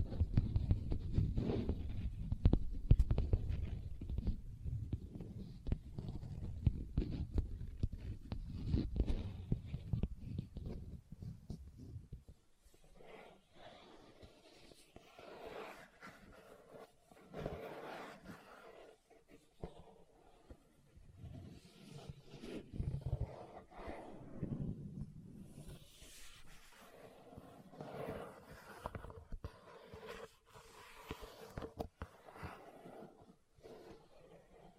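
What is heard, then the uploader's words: Tapping and scratching on leather. For the first twelve seconds a dense, low, rumbling rub runs under quick taps. After that it turns quieter and lighter, with irregular scratches and soft strokes coming in short bursts. ASMR Leather Tapping & Scratching Sounds (No Talking).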